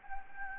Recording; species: mosquito wingbeat signal from an infrared sensor; Anopheles gambiae